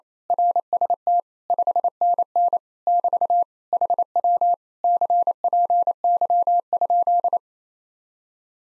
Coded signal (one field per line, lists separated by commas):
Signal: Morse code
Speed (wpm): 27 wpm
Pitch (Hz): 700 Hz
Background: none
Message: RST 5NN <BT> HW CPY?